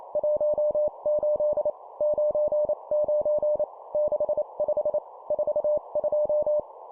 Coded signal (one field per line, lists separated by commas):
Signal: Morse code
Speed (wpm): 28 wpm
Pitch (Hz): 600 Hz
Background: none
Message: 18 99 65 42